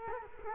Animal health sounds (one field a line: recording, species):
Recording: mosquito wingbeat signal from an infrared sensor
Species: Culex quinquefasciatus